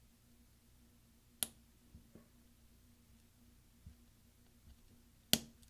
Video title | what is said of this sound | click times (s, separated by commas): ESC Key Replace mid-2010 13 inch Macbook Pro 1278 2.66 GHz MC375 Type J | take your finger and push down until it snaps there | 1.4 s, 5.3 s